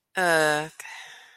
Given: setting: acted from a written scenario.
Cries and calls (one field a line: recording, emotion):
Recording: vocal sound without words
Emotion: shame